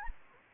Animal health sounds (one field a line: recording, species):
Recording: mosquito wingbeat signal from an infrared sensor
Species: Anopheles gambiae